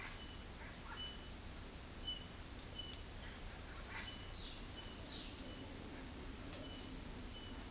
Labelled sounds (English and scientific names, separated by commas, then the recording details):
Russet-backed Oropendola (Psarocolius angustifrons), Violaceous Jay (Cyanocorax violaceus)
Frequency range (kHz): Russet-backed Oropendola (Psarocolius angustifrons) 0.5-2.6 kHz; Violaceous Jay (Cyanocorax violaceus) 2.4-5.0 kHz
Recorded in dense forest near Puerto Asís, Putumayo, Colombia, on 21 February 2024 at 08:00
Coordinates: 0.481, -76.318
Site G6421